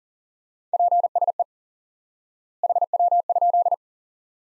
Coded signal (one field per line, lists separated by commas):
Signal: Morse code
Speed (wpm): 40 wpm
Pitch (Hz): 700 Hz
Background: none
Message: PSE HW?